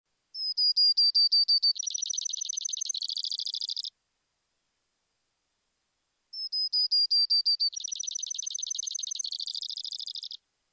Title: Brewer’s Sparrow